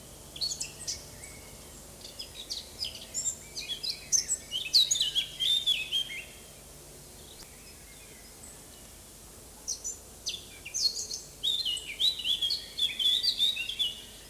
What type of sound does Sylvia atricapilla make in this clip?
song